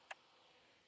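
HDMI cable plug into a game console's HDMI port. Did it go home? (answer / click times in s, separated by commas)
yes / 0.1 s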